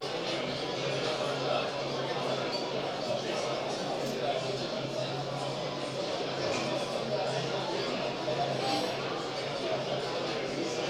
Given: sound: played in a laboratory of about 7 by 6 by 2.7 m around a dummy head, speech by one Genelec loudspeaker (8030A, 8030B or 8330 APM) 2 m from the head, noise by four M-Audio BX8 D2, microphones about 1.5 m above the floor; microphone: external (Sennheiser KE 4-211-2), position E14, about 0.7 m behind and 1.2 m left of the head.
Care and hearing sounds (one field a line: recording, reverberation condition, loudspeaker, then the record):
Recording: cafeteria noise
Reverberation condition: medium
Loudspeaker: four, about 170 cm from the corners of the room and facing them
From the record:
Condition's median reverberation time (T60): about 510 ms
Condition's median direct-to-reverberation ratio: about -0.5 dB